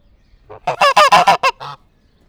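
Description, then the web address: Domestic goose giving a quick burst of several loud, nasal, harmonic honks in just over a second, the last one set slightly apart. From a recording of goose hissing in a zoo farmyard in Nyíregyháza, 2010. "nyiregyhazizoo. liba"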